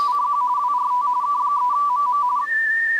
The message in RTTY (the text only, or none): CQ WRT K3MM